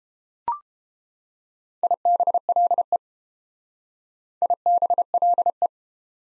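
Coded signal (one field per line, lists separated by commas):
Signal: Morse code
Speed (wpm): 29 wpm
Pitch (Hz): 700 Hz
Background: none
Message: IBLE IBLE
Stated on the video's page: Morse drill of prefixes and suffixes in speed-racing format, starting at 1.5 times 22 wpm and slowing to 22 wpm; final repeat at maximum speed.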